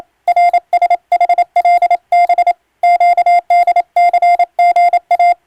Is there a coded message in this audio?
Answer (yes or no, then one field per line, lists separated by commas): yes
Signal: Morse code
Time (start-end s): 0.3-5.3 s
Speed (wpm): 28 wpm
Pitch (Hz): 700 Hz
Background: none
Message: RSHLB QDCGA